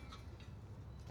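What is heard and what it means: The arm of a surfboard rack on an exterior van roof rack is handled after its latch is popped, as it swings down toward its locked position. A brief tick near 0.1 s stands out over a steady low rumble. Nothing has seated or clicked into place yet.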